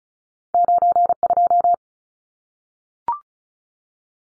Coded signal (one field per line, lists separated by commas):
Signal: Morse code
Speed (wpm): 34 wpm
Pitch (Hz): 700 Hz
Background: none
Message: 92